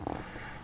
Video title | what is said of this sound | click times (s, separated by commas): Experiment With No-Solder In-Line Plug Connectors for Electronics | latches that click into place when it's fully closed. You can kind of hear them do it. | 0.1 s